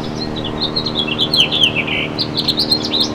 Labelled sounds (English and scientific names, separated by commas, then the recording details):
House Finch (Haemorhous mexicanus) song
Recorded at Moriches on Long Island, New York, on 22 June 2013
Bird B